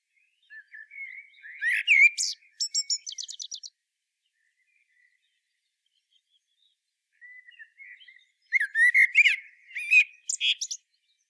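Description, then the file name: Common blackbird song: two mellow fluted warbling phrases, each ending in a rapid series of thin, high twittering notes, separated by a few seconds of silence. "Turdus merula"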